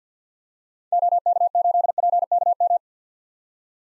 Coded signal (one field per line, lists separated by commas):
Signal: Morse code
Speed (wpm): 50 wpm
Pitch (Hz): 700 Hz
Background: none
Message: OK8PKM